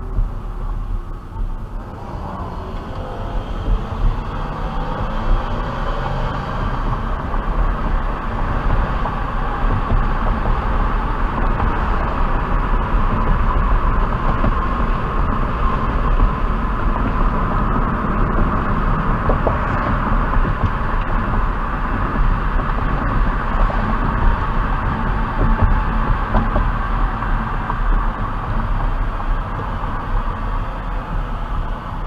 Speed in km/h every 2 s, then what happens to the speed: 21, 21, 27, 32, 40, 47, 52, 56, 56, 55, 52, 52, 48, 44, 35, 27.
2-14 speeds up to 56. 14-32 slows to 27.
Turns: none.